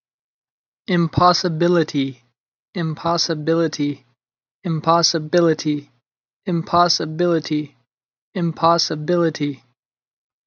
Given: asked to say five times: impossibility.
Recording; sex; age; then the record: repeated word; male; 20 to 29 years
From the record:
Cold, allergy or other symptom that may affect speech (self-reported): no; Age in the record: 29 years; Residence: United States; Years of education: 14